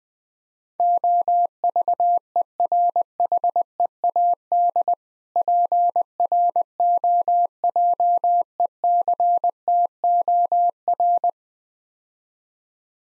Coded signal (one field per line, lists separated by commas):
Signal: Morse code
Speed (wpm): 20 wpm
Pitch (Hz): 700 Hz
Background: none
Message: OVERHEAD PROJECTOR